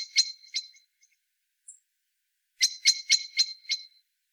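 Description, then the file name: Eurasian blackbird, two harsh notes, a brief thin high tick, then a quick run of five clattering clicks. "Turdus merula"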